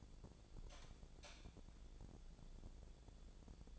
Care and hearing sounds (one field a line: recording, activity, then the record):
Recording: daily activity, microphone in the room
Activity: light on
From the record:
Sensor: 5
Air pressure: 1000.2 hPa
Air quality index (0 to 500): 103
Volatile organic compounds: 1 ppm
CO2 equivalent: 834 ppm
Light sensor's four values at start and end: 193/458/195/215 and 193/460/196/216